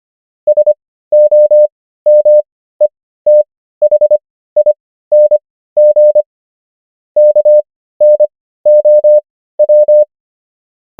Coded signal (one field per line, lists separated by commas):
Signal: Morse code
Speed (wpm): 25 wpm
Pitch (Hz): 600 Hz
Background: none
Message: SOMETHING KNOW